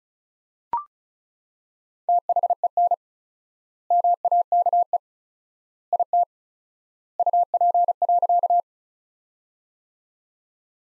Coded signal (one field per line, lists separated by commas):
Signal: Morse code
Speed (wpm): 34 wpm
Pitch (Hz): 700 Hz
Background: none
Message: THEN MAKE IT UP.